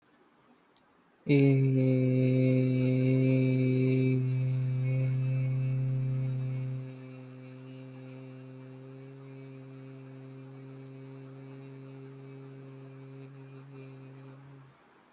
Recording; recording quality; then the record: sustained vowel as in made; excellent, no background noise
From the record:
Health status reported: healthy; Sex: male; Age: 25 years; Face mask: not worn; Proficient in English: yes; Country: India